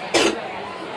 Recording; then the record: coughing mixed with background sound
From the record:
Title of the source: 61 morning phlegmy cough...again